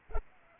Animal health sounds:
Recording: mosquito wingbeat signal from an infrared sensor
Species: Culex pipiens

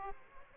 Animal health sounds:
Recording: mosquito wingbeat signal from an infrared sensor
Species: Aedes aegypti

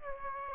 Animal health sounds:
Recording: mosquito wingbeat signal from an infrared sensor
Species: Aedes aegypti

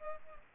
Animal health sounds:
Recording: mosquito wingbeat signal from an infrared sensor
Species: Culex pipiens

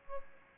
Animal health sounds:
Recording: mosquito wingbeat signal from an infrared sensor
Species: Aedes albopictus

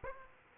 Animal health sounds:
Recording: mosquito wingbeat signal from an infrared sensor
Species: Aedes aegypti

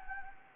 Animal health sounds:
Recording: mosquito wingbeat signal from an infrared sensor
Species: Anopheles gambiae

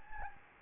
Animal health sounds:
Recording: mosquito wingbeat signal from an infrared sensor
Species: Anopheles gambiae

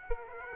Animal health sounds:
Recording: mosquito wingbeat signal from an infrared sensor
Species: Aedes aegypti

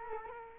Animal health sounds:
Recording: mosquito wingbeat signal from an infrared sensor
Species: Culex quinquefasciatus

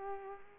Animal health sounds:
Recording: mosquito wingbeat signal from an infrared sensor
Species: Culex pipiens

